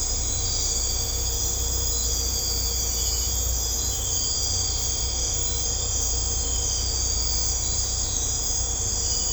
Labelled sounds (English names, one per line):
none